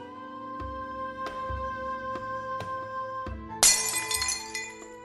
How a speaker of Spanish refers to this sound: Justo cuando llegué de la escuela escuché crack, como si algo se hubiera roto. Fui corriendo a la cocina y vi a mi hermano viendo los trozos de vidrio.